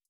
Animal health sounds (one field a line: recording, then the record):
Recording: hydrophone in a shrimp aquaculture tank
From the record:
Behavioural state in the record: starved